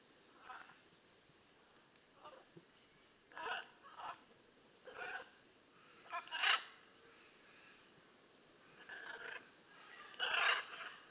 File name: Blue and yellow Macaw Ara ararauna